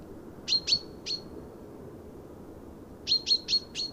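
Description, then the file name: Common chaffinch giving bright, clipped high notes in two quick clusters, three and then four, over soft steady background noise. "Fringilla coelebs"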